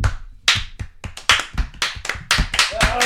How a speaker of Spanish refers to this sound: Para esta frase pido un aplauso americano. Empiezo yo y luego me seguís.